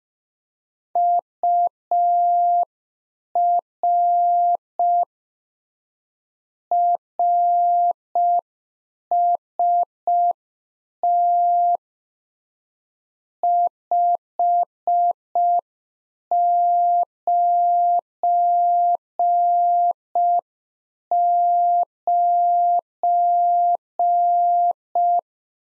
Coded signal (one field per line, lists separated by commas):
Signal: Morse code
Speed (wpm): 5 wpm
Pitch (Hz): 700 Hz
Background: none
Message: UR RST 599